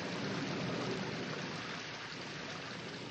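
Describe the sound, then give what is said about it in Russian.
Black water swirls steadily down a sink drain, a continuous rushing, gurgling hiss that stays even and fairly loud throughout, with no voices. “Черная вода крутится в раковине, крутится и уходит в сливное отверстие.”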